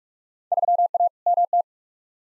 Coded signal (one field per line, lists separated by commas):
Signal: Morse code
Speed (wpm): 45 wpm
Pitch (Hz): 700 Hz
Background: none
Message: 3A MT